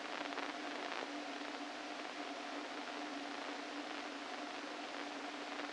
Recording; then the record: brain microelectrode recording played as sound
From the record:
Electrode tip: inside the subthalamic nucleus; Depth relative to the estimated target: -1 mm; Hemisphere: left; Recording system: NeuroSet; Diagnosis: Parkinson's disease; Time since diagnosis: 13 years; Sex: male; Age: 49 years